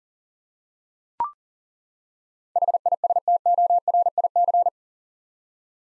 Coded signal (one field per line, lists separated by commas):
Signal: Morse code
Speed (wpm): 38 wpm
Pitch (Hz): 700 Hz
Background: none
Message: HISTORIC